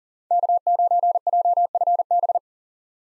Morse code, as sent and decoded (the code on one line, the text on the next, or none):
-.- ----. .--- ..-. -...
K9JFB